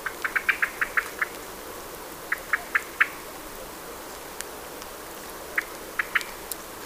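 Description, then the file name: Common blackbird calls: bursts of short, sharp clicking notes in quick series, a burst near the start, another midway and a shorter one near the end, over steady background hiss. "Turdus merula"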